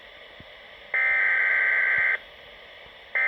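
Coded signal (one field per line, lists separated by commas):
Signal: Emergency Alert System (SAME) tones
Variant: header bursts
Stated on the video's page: Compilation of real alerts: required monthly and weekly tests, watches and warnings, and network notification messages, including the 1050 Hz attention tone.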